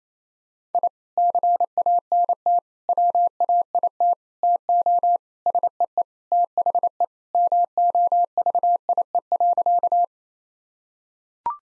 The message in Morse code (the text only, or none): I CANT WAIT TO SEE THE MOVIE.